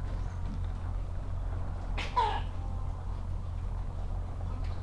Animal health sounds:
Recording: poultry house recording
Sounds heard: sick chickens (respiratory disease)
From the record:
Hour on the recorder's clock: 8

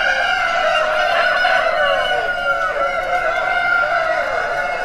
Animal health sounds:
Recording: poultry house recording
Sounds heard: healthy chickens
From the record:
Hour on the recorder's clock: 2

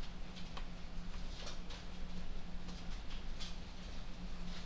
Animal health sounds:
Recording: poultry house recording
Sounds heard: no chicken sound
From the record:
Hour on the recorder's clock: 23

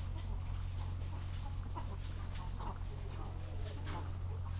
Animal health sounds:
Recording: poultry house recording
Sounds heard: sick chickens (respiratory disease)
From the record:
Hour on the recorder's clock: 14

